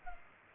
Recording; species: mosquito wingbeat signal from an infrared sensor; Culex pipiens